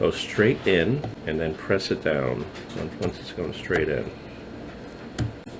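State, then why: Seated. A DDR4 memory stick is pressed straight down into a motherboard DIMM slot while someone talks. A sharp click at 5.2 s marks the plastic retention clip snapping closed, and the module seats after taking a bit of force.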